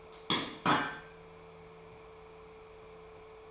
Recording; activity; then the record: daily activity, microphone in the room; place plate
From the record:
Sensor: 1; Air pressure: 1015.1 hPa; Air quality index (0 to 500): 198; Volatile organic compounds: 24 ppm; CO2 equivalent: 2810 ppm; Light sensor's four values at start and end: 21/52/22/26 and 26/63/27/32